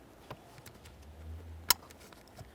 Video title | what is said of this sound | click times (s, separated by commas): How to Replace HVAC Blower Motor Assembly 2014-2019 Toyota Corolla | Let's continue on with that electrical connector. Line it up. Press it in. Listen for a click. | 1.7 s